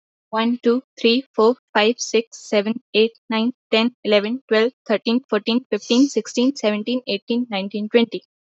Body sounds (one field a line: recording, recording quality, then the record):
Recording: counting at a fast pace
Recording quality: excellent, no background noise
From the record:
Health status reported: healthy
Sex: female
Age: 20 years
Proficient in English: yes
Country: India